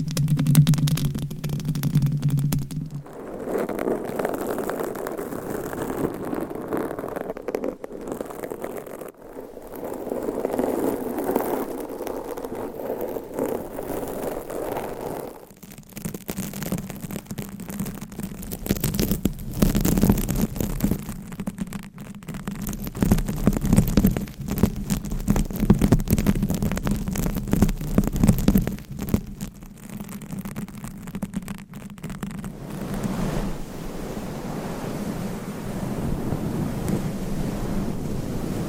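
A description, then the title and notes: Dense scratching rubs across microphones, constant with no pauses, shifting in character at about 3 and 15 seconds. The early part is mid-toned and hissy, then a heavier low rumble takes over, with a softer, lighter stretch near the end. ASMR Binaural Mic Scratching - Brain Scratching with 10 Mics for 100% SLEEP No Talking.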